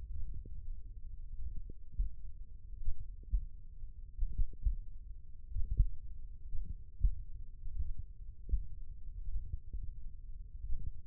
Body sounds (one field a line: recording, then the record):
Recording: forearm muscle sounds (acoustic myography)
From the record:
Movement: finger pinch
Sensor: system 1, eight BSWA MPA416 microphones around the upper forearm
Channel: 2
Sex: male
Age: 20 years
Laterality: left